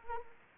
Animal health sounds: mosquito wingbeat signal from an infrared sensor; Anopheles arabiensis

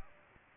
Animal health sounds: mosquito wingbeat signal from an infrared sensor; Aedes aegypti

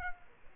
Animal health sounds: mosquito wingbeat signal from an infrared sensor; Culex quinquefasciatus

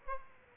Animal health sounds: mosquito wingbeat signal from an infrared sensor; Aedes aegypti

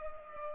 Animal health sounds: mosquito wingbeat signal from an infrared sensor; Culex pipiens

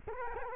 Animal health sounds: mosquito wingbeat signal from an infrared sensor; Culex quinquefasciatus

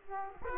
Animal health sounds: mosquito wingbeat signal from an infrared sensor; Aedes aegypti

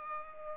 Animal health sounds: mosquito wingbeat signal from an infrared sensor; Culex pipiens

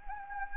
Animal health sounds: mosquito wingbeat signal from an infrared sensor; Anopheles gambiae

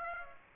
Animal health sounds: mosquito wingbeat signal from an infrared sensor; Aedes aegypti

